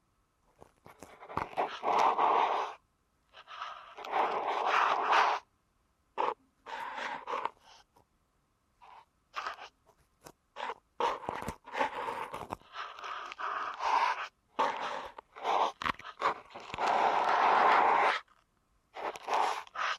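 Deep ear canal massage sounds come in bursts of muffled rubbing and scraping, each lasting a second or two, separated by short silences. The strokes are dense and mid-pitched with a soft crackle, loudest around two, five and seventeen seconds, with quieter brief touches between.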